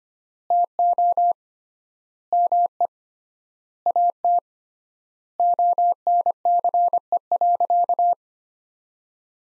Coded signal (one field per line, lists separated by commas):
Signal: Morse code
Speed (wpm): 25 wpm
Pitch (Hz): 700 Hz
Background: none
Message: TO ME AT ONCE.